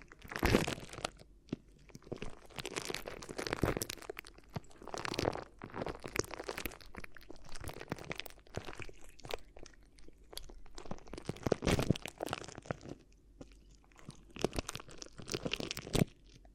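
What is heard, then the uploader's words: Crinkly ear massage sounds: dense bursts of crunching and crumpling, rising and falling in irregular waves. Sharp crisp crackles cluster around the first second, the middle, near 12 seconds and toward the end, with softer rustling in between and a low steady hum underneath. ASMR Addictive Crinkly Ear Massage (No Talking).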